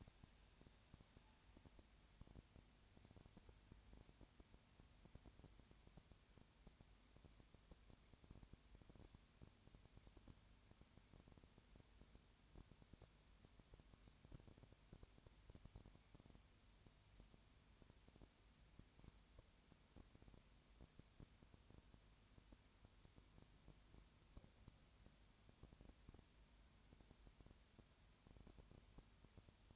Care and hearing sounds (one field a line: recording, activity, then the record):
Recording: daily activity, microphone in the room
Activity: no activity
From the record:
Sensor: 2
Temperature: 20.4 degrees Celsius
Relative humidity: 35.5%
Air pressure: 1007.1 hPa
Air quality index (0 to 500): 122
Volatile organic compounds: 2 ppm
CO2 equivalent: 1257 ppm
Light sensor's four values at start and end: 2/3/2/2 and 2/3/2/2